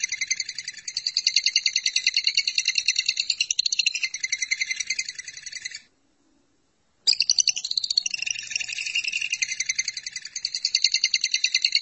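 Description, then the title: Lovebird sings a continuous fast, grating chatter, stopping for about a second before carrying on at the same pace. "BM Suara Burung Lovebird"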